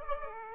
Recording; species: mosquito wingbeat signal from an infrared sensor; Aedes aegypti